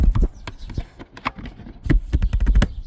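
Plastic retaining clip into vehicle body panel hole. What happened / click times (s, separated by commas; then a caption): The trim clip snapped into place / 1.3 s. A plastic trim part on a 1999–2005 Pontiac Montana, re-centered after an earlier off-center attempt, is pushed down into the vehicle body panel with a series of short, sharp taps and knocks. Its plastic retaining clips snap into the body holes at 1.3 s, and the part is seated.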